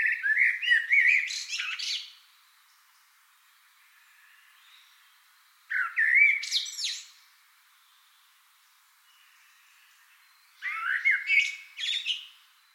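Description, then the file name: Common blackbird delivering three fluty warbled phrases ending in thin, scratchy high twitters, spaced roughly four to five seconds apart in otherwise quiet surroundings. "Turdus merula"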